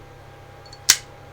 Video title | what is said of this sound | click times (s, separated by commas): Taurus PT 840 Problems | disassembly switch really locks into place now let see if you can hear it | 0.9 s